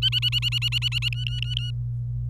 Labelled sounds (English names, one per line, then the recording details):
Domestic Canary song
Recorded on 25 April 2018 at 15:53
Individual llb3